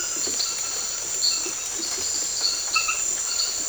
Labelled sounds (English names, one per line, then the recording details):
none
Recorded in secondary vegetation near Puerto Asís, Putumayo, Colombia, on 13 March 2025 at 23:00
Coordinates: 0.488, -76.319
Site G095